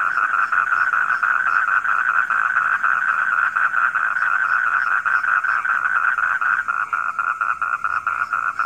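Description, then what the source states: Frogs in a thick, continuous chorus of fast rattling croaks that stays loud and even from start to finish. Frogs calling at night.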